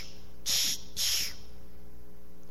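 Adult imitating the labored breathing of a dying, elderly grandmother in pain: two hissing 'shh' breaths, like an air conditioner or respirator.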